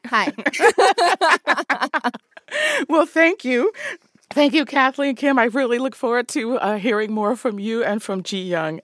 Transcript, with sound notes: Hi.
(LAUGHTER) Well, thank you. Thank you, Kathleen Kim. I really look forward to hearing more from you and from Ji-Young.